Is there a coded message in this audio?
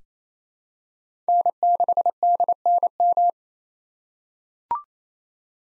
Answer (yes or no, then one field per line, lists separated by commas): yes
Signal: Morse code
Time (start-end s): 1.3-3.3 s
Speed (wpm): 28 wpm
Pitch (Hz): 700 Hz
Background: none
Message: N6DNM